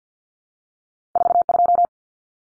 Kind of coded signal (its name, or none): Morse code